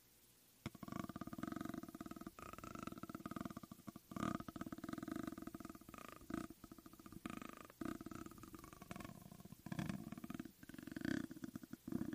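A microphone scrapes and rubs against a raw speaker grille, making a continuous coarse, rasping growl from just under a second onward. The scratching pulses in rough strokes, with sharper bright bursts near 2, 4, 7, 10 and 11 seconds. No voices are heard.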